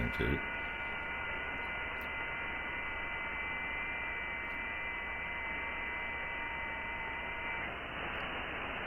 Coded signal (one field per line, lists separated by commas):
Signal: FT8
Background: speech